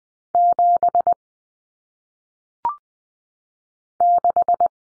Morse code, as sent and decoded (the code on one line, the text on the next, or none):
--... / -....
7 6